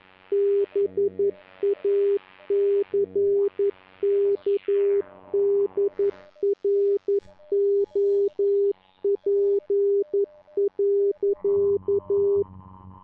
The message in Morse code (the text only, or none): BACKDROP.